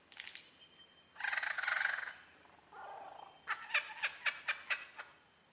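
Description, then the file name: Superb lyrebird singing: dense harsh grating phrase, a lower buzzy note, then a rapid series of sharp repeated notes. Recorded at Mount Airly; date given as 30 May 2011. "SLB-mt airly 300511"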